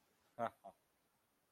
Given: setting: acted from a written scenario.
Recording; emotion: vocal sound without words; contempt